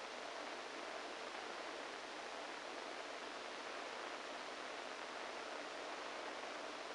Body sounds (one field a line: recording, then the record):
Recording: brain microelectrode recording played as sound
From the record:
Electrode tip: inside the subthalamic nucleus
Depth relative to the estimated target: 1 mm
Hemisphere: right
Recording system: NeuroSet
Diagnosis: Parkinson's disease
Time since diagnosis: 14 years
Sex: male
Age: 51 years